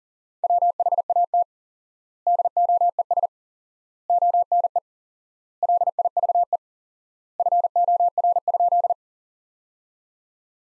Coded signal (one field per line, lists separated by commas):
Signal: Morse code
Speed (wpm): 40 wpm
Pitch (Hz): 700 Hz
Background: none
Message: WHAT DOES ONE LIVE FOR?